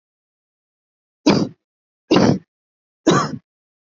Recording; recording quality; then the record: heavy voluntary cough; excellent, no background noise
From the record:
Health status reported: respiratory illness, not identified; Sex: male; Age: 22 years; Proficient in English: yes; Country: India